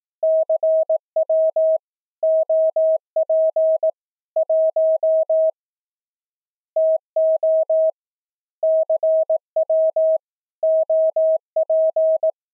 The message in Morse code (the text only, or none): CW OP 1 TO CW OP